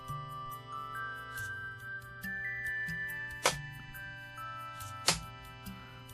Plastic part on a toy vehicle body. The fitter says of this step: so there nice satisfying click when you get it into place and again the door works the same way